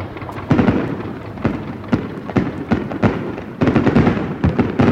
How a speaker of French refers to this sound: C'est le feu d'artifice sur les bords de la Sumida que vous m'aviez promis.